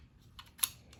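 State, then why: Seated. A metal pistol detent or takedown part is pushed back into the pistol frame during reassembly after a strip and clean. Faint scraping and rattling lead up to a sharp, bright click at 0.6 s, followed by a softer tap. The click shows the part has locked back in place and is seated properly.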